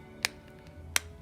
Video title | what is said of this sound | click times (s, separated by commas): Cross Bailey White Rollerball Pen Review | Not a very satisfying click, but does the job. | 0.2 s, 1.0 s